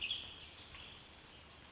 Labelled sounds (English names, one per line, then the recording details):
Western Tanager
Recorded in Sonoma County, California